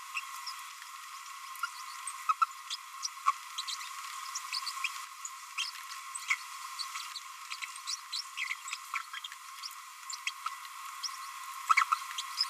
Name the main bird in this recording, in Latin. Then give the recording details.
Forpus passerinus. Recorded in a nest box in Venezuela. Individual 18B25A5